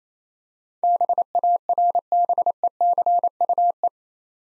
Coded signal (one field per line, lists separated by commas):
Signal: Morse code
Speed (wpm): 31 wpm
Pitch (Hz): 700 Hz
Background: none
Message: BARBECUE